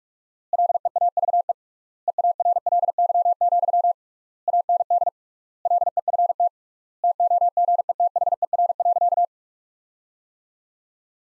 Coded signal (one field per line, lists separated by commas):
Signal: Morse code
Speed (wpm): 42 wpm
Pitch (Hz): 700 Hz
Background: none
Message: LEAVE EARLY, AND LEFT TOGETHER.